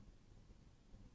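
An SD memory card is handled, label side up, at the card slot of a trail camera, with only faint low rumble and steady background hiss heard over the 1.2 seconds. The card has not clicked or seated in the slot yet.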